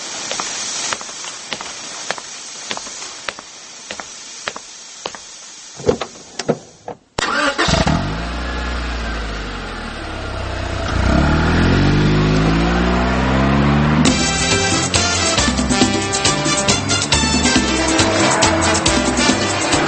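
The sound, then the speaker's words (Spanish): A car engine cranks and catches after some clicks and rattles, then settles into a loud idle that rises and falls as it revs, with a steady low rumble throughout. “Pero vamos a mi auto.”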